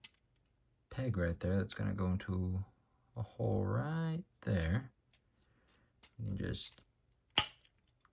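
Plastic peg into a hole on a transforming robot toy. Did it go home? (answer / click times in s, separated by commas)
yes / 7.4 s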